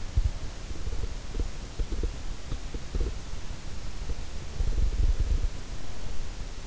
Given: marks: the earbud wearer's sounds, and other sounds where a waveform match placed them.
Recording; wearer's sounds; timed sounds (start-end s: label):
sounds in sleep by an in-ear microphone; breath
2.41-4.16 s: breath